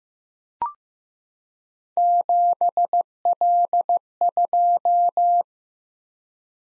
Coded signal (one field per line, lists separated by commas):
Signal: Morse code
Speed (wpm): 15 wpm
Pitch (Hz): 700 Hz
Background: none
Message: 7L2